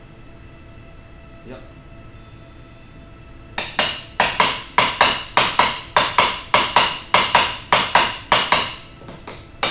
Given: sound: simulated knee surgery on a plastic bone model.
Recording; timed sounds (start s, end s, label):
surgical tools on bone
3.58	3.58	chisel strike
3.79	3.79	chisel strike
4.20	4.20	chisel strike
4.40	4.40	chisel strike
4.78	4.78	chisel strike
5.01	5.01	chisel strike
5.37	5.37	chisel strike
5.59	5.59	chisel strike
5.97	5.97	chisel strike
6.19	6.19	chisel strike
6.54	6.54	chisel strike
6.76	6.76	chisel strike
7.14	7.14	chisel strike
7.35	7.35	chisel strike
7.73	7.73	chisel strike
7.95	7.95	chisel strike
8.32	8.32	chisel strike
8.52	8.52	chisel strike
9.63	9.63	chisel strike